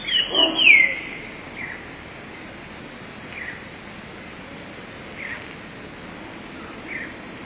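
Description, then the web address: Eurasian blue tit gives one short phrase of high notes running into a falling trill, then only faint sounds follow. "wroblowe teka 2 spiew 11. wroblowe teka modraszkoteka"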